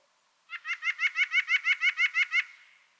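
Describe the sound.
White-breasted nuthatch singing a rapid, regular string of about a dozen nasal 'wer' notes, trailing off softly.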